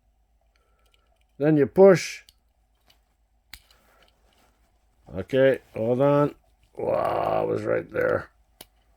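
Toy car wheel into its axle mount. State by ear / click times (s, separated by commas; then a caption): seated / 8.6 s. A small plastic wheel is pushed onto its axle mount on a die-cast toy car while someone talks, with faint ticks and a sharp click near 3.5 s. At 8.6 s the wheel snaps into place with a short, sharp click and stays seated without popping back out.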